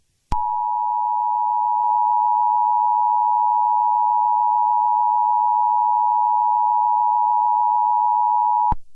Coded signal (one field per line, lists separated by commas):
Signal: Emergency Alert System (SAME) tones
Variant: 853 and 960 Hz attention tone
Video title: EAS Short: NOT REAL!!! Shooter in Metroburg TX